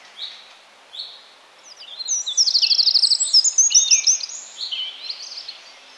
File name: Troglodytes troglodytes